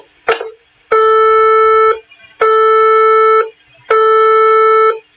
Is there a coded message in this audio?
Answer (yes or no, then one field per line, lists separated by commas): no